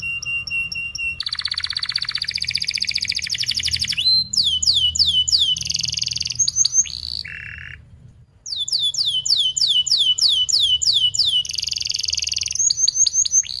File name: Suara Kenari Gacor Speed Rapat Cuit Cuit Ngerol Tajam